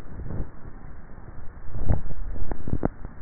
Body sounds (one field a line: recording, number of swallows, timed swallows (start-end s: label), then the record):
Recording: swallowing sounds by neck microphone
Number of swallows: 1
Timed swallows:
1.72-2.72 s: swallow
From the record:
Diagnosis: dysphagia